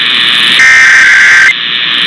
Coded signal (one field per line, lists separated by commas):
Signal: Emergency Alert System (SAME) tones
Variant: header bursts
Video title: Tests to Close Out September (EAS #29148-29181) 9/30/25